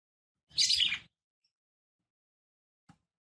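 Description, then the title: Red-cowled cardinal, female, gives one harsh, bright burst of chirping notes lasting about half a second, followed by a faint click and then silence. Female song, described as fiery and nervous, said to excite the male red-cowled cardinal quickly. "CANTO DA FÊ MEA GALO CAMPINA FOGOSA LEVANTA FOGOESQUENTA GALO CAMPINA MACHO RAPIDINHO FÊ MEA NERVOSA"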